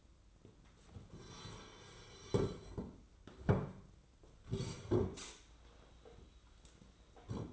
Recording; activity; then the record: daily activity, microphone in the room; sit down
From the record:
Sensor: 3